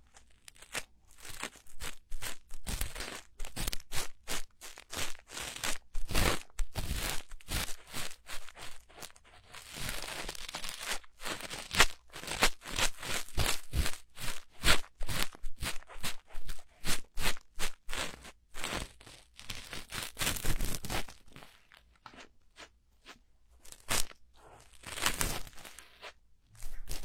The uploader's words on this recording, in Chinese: 掏耳朵2.0。